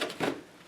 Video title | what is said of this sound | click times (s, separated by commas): Triumph T100 Scrambler part 2. Finishing the seat pan. | and it pops right in | 0.0 s